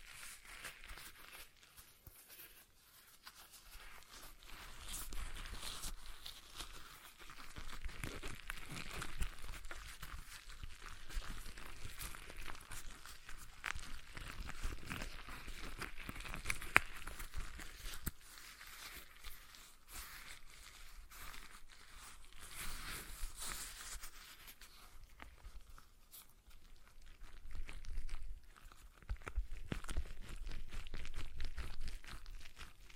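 A stress ball is squeezed and kneaded, giving a dense, continuous crinkling and crackling that swells and eases, with a brief lull near twenty-six seconds.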